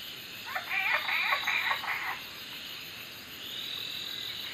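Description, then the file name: Laughing tree frog calls: a short run of rapid, rattling pulsed notes, then fading, over a steady high insect hiss. Several laughing tree frogs, recorded at 21:05 on 5 November 2013 in the Daintree. "21 h 05 m 52 s 05 nov 2013 Daintree Laughing tree frogs"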